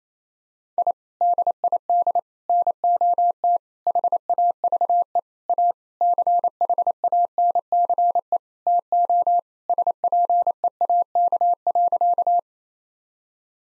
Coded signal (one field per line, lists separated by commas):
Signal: Morse code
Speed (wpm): 28 wpm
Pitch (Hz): 700 Hz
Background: none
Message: I DID NOT HAVE A CHANCE TO SPEAK.